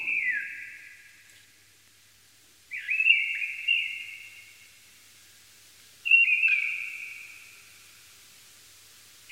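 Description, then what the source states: Mistle thrush singing clear, fluty whistled phrases, each a short run of linked notes, spaced by pauses of about two to three seconds in quiet surroundings. Singing in a forest in Uppland, Sweden; recorded about a week before the broadcast.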